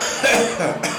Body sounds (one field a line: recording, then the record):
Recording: coughing mixed with background sound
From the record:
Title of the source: Wet Throat Infection Cough